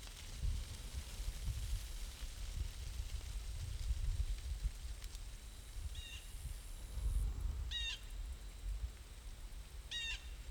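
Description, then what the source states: Blue Jay calls, three harsh stacked notes near the end spaced about two seconds apart, over steady low wind rumble through leaves and a thin high insect hum. Autumn, with wind blowing through leaves and crickets audible.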